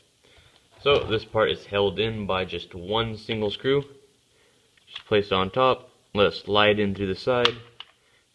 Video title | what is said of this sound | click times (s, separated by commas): Traxxas Slash 4x4 - how to convert to LCG detailed level 1 upgrade | it pops right in place | 7.8 s